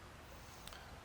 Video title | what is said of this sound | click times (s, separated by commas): Whelen Responder LP Mini Lightbar Mounting Options | lock into place into the lips | 0.7 s